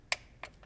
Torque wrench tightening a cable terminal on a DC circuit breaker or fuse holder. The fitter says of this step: Then, we're going to tighten until it clicks.